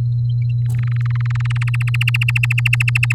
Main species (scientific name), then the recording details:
Serinus canaria. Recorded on 9 May 2018 at 06:41. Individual llb16